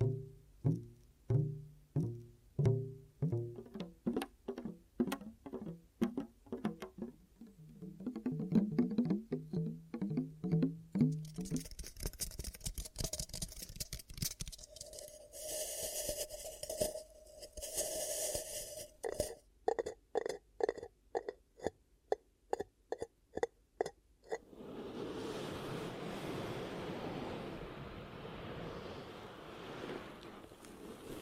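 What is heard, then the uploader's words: Ear cupping sounds, rhythmic muffled pats and swishes shifting into faster crisp tapping, then a steady rushing hiss near the end. ASMR 10 Ear Cupping Triggers for Deep Sleep & Relaxation (No Talking).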